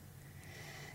Our dog is in the room and he is snoring.